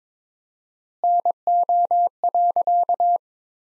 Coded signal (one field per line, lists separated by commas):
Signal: Morse code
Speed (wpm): 21 wpm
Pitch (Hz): 700 Hz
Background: none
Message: NO.